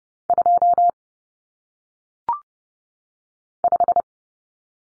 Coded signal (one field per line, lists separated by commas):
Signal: Morse code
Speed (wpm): 30 wpm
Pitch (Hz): 700 Hz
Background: none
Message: 2 5